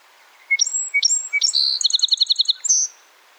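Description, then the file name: Song sparrow song with three quick opening chips, a buzzy middle note, then a rattling run of about eight rapid notes and a closing whistle. No other sounds. Song recorded in Quebec. "SOSP SONG QC Song Sparrow - Melospiza melodia"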